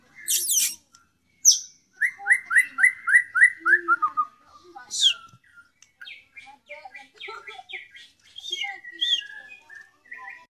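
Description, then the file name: White-rumped shama song mixing loud scratchy bursts, a rapid series of repeated sliding notes, and softer varied chattering and whistles afterward. Shama song imitating canary and kingfisher (tengkek) phrases, the 'tembakan' style. "murai batu tembakan kenari tengkek"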